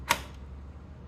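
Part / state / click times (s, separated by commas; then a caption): graphics card into motherboard PCIe slot / seated / 0.1 s. A graphics card is lined up and pressed down into a motherboard's PCI Express slot, and the slot's plastic retention latch gives a single sharp click at 0.1 s. The card is seated, and only a faint low hum remains afterward.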